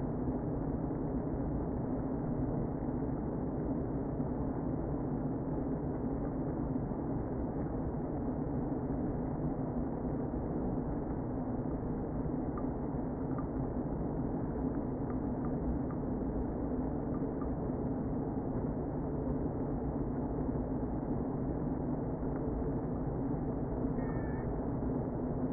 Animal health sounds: honeybee colony, microphone inside the hive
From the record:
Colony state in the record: queen present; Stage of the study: before two queens were removed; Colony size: about 60,000 bees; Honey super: yes

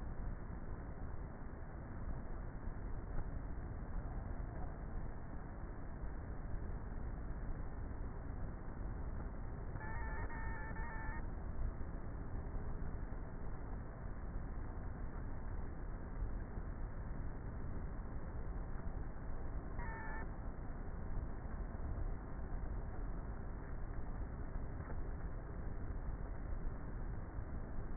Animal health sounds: honeybee colony, microphone inside the hive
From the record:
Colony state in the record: queenless with a low population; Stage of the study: before two queens were removed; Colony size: about 30,000 bees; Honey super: no

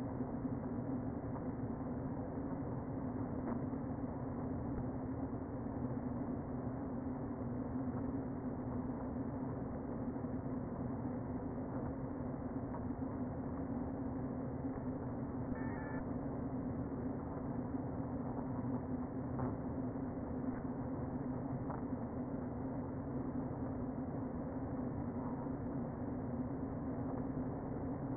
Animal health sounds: honeybee colony, microphone inside the hive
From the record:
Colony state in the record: queen present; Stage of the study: before two queens were removed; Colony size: about 60,000 bees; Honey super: yes

